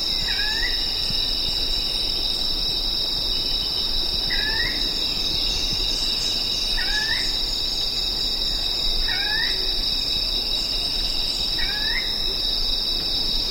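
Bird giving a short upslurred call about every two and a half seconds, five times, beneath a continuous loud insect hum.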